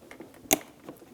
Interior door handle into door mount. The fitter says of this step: We're pressing it in. Listen for an audible click, and we'll give this a tug.